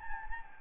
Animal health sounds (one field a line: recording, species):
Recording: mosquito wingbeat signal from an infrared sensor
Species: Anopheles gambiae